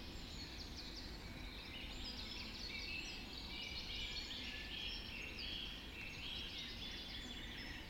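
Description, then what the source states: Birds in a dawn chorus, many overlapping high chirps, trills and short whistles sounding continuously throughout, over a steady low rumble. Dawn chorus recorded just after dawn in the Forest of Dean.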